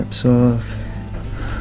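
Someone handles a quick-connect fuel line fitting toward its port on the engine fuel system of a 52-inch rear-discharge Walker SuperBee mower being repaired for fuel and ignition issues. Someone talks briefly over a steady low hum, and a strong tonal hum swells around 0.2 to 0.6 seconds. Nothing has seated or clicked yet.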